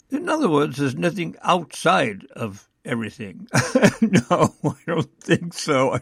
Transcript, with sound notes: In other words, there's nothing outside of everything. (laughs) No, I don't think so.